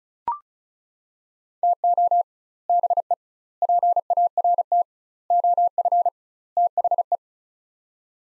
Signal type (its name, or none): Morse code